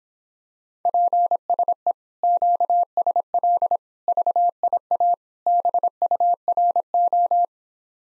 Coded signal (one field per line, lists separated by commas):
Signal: Morse code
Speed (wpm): 26 wpm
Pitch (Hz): 700 Hz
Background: none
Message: PSE QSL VIA BURO